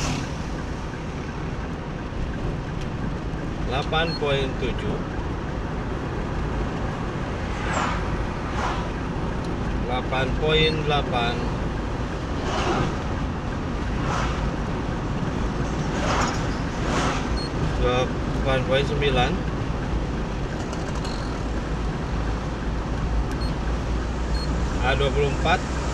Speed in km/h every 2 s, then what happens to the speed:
53, 53, 53, 53, 53, 53, 52, 52, 52, 52, 52, 52, 52.
0-26 steady at about 52.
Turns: none.